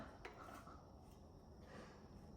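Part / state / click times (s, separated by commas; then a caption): torque wrench on flywheel bolt / torque reached / 0.2 s. A torque wrench tightens another flywheel bolt to spec during a manual conversion on a VL Commodore. A single sharp click is heard at 0.3 s over a low, steady background, confirming the wrench has reached its setting.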